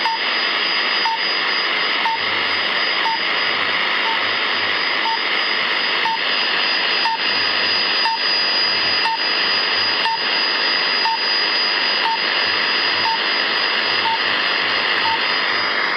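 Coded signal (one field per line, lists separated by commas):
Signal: radio time signal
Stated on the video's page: Shortwave broadcast, Saturdays 0300 UTC on 9455 kHz and 2300 UTC on 15770 kHz.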